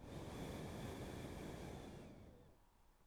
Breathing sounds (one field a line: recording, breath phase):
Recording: one breath near a microphone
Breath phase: exhalation